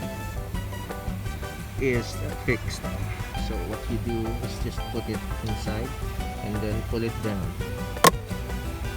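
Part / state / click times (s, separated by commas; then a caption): red plastic glove box retainer going into the glove box housing / seated / 8.1 s. A red plastic glove box retainer on a 2018–2021 Jeep Wrangler is put inside the glove box housing and pulled down before the glove box is closed after a cabin air filter change. Someone talks over background music, and a sharp click at 8.1 s marks the retainer seating in place.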